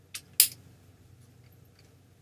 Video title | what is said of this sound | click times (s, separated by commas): Setting up the Vertical Stand Macropod Pro 1.2 | you're going to take each of these flash heads you're going to slide them until they click into that ring | 0.4 s